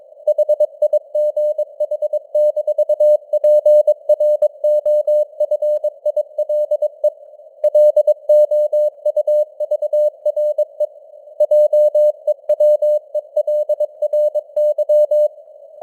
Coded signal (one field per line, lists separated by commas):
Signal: Morse code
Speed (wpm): 22 wpm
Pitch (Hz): 600 Hz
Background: none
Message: HIGH-PROFILE LOUVRE JEWELRY